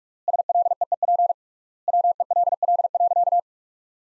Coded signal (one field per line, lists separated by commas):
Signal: Morse code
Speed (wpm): 41 wpm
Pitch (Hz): 700 Hz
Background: none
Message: SLEEP WELL.